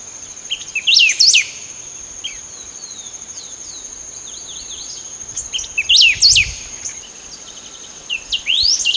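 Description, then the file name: Golden-billed saltator calls: short bright sweeping phrases in three main bursts at uneven intervals, over a steady high insect whine. Recorded along Route 9 in Maldonado, Uruguay, on 21 December 2011. "Saltator-aurantirostris-Est Vick-Estr-JIg-Ruta 9-Mald-UR-21-12-11"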